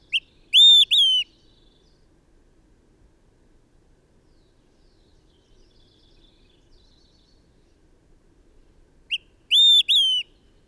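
Bird song phrase of a short note and two long clear whistles, repeated after a long pause of about eight seconds, with faint soft calls in between.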